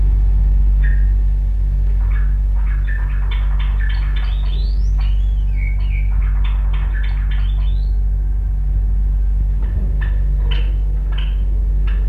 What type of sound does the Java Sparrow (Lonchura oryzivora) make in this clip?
call